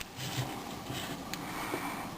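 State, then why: Released. A 2 mm flathead screwdriver is pushed under the middle of a plastic internal component inside a Zen Vision W portable media player to pry it free. Against low background noise, a single sharp pop is heard at 1.3 s as the plastic component releases and pops out.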